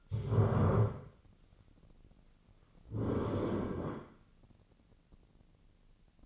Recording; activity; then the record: daily activity, microphone in the room; stand up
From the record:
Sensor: 4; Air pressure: 1010.0 hPa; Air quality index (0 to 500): 198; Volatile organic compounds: 3 ppm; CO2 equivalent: 1418 ppm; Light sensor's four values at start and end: 37/91/38/40 and 37/90/37/40